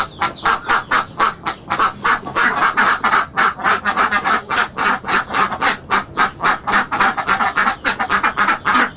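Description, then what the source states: Duck quacks come in a fast, steady train of harsh nasal notes, several birds overlapping, with no pause throughout. Ducks at a marketplace.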